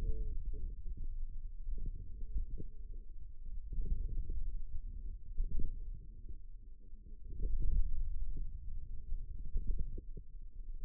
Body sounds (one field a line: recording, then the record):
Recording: forearm muscle sounds (acoustic myography)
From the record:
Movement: ulnar deviation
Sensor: system 2, bracelet of six BSWA MPA416 microphones around the upper forearm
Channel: 4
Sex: male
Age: 22 years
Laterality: right